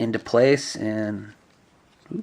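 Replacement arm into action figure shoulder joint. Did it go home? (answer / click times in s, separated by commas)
no / none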